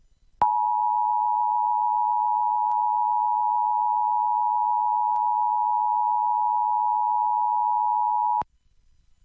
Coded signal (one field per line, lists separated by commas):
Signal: Emergency Alert System (SAME) tones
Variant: 853 and 960 Hz attention tone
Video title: KELO (CBS, Sioux Falls, SD) Severe Weather Coverage (Sat. 8/28/2021 - 4:35-5:55 P.M.) (w/EAS Alerts)